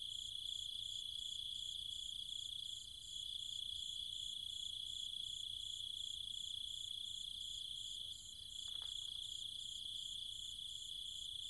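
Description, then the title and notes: Cicadas sing a steady high-pitched buzz with rhythmic pulsing above, briefly softening twice, and a faint short sound appears near the ninth second. Night chorus of cicadas and other insects in trees and fields in the countryside around Chiang Mai, Thailand. "Cicada countryside, Thailand. Nighttime sounds of the cicadas and insects in the trees and fields, Chiang Mai, Thailand. Recorded by Alex Boyesen"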